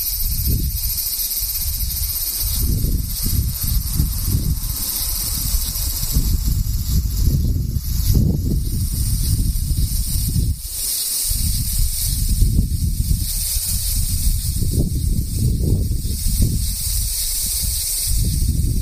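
Cicadas buzz in a steady, dense, bright hiss that holds unchanged for the whole stretch. Underneath, uneven low rumbling swells come and go every couple of seconds, with a short lull just past the ten-second mark before the rumble returns.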